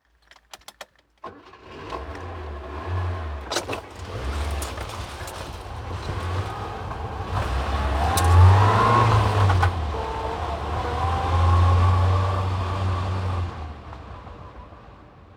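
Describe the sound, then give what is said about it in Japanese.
A car engine hums and rumbles steadily as it drives, rising in a couple of low surges as if accelerating, with a few sharp clicks at the start and no talking. “じゃあ、車を運転してみようね。Everybody, drive a car.”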